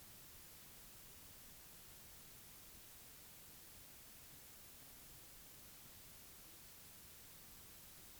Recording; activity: daily activity, guitar pickup as the sensor; drink water